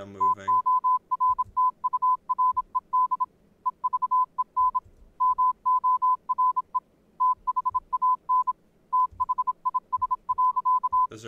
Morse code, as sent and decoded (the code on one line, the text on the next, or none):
- --- .-. - ..- .-. . -.. / . ...- . -. / -- --- .-. . / - .... .- -. / - .... .. ... .-.-.-
TORTURED EVEN MORE THAN THIS.